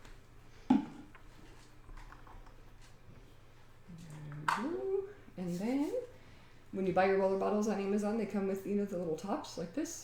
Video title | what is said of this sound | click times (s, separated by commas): DIY Oily Education :-) | then I just fill it up, and you don't need to leave too much room at the top because the roller bottle just goes, you know, right, just pops right in there. | 0.7 s